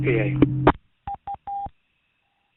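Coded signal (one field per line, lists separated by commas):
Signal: none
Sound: repeater courtesy tone beeps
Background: speech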